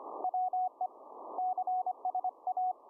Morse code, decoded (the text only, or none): WE CSA